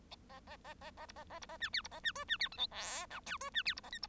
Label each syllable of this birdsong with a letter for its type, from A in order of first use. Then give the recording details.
A A A A A B A A B A C D B A C E C D F G H I J E C D B A K B. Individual Bird1